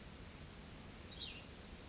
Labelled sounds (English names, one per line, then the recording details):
Cassin's Vireo
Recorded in Sonoma County, California